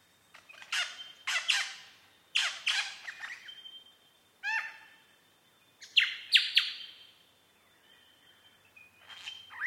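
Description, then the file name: Superb lyrebird singing a varied sequence of harsh bursts, cracking notes and stacked whistles, with quiet gaps between phrases. Recorded at Mount Airly; date given as 30 May 2011. "SLB-mt airly 300511"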